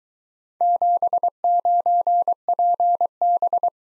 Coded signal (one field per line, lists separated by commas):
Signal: Morse code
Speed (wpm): 23 wpm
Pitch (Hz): 700 Hz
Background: none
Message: 79PB